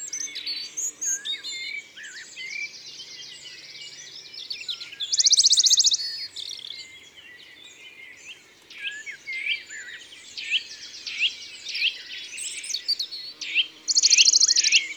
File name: Pouillot de Bonelli ABC des chants doiseaux